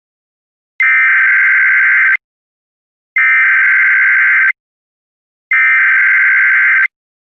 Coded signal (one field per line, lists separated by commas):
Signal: Emergency Alert System (SAME) tones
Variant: header bursts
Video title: EAS Scenario: Smokey and the Bandit